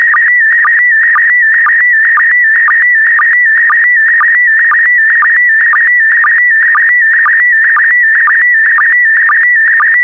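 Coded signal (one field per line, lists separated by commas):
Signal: SSTV (slow-scan television)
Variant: PD120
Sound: warbling, buzzy tone shifting in pitch, with a regular chirp-click about twice a second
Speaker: Five, four, three, two, one. Transmission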